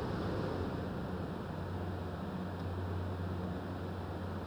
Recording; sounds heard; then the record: poultry house recording; no chicken sound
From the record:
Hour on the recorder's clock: 21